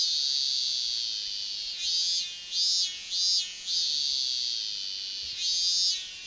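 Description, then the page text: Robust cicada singing: a loud, high, shrill drone that swells in several surges. Song, described as 'mi-n', heard in summer; common even in central Tokyo; in western Japan heard only a little way into the mountains, not in Osaka city; recorded by Yasumasa Saisho. "セミの基礎知識｜記事カテゴリ｜BuNa - Bun-ichi Nature Web Magazine"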